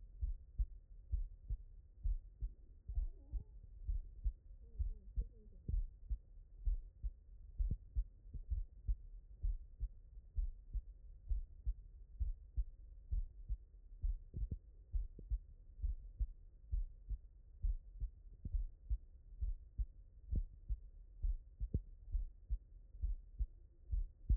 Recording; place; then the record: heart sounds by stethoscope; mitral valve (MV)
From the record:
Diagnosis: non-HFrEF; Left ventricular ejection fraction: 69%